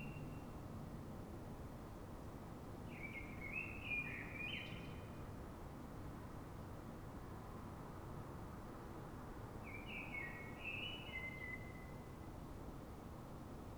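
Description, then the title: Common blackbird song in two separated phrases, each a short run of fluty, slurred notes, set against a constant low hum of background noise. City blackbird singing before dawn, before the noisy human world begins, so other blackbirds can hear it; described as a call-like song; Fuenlabrada, Madrid, Spain; recorded with a Zoom H1n recorder. "Pl. de Francisco Escolar, 10, Fuenlabrada, Madrid, España - Sonido Reclamo de Mirlo"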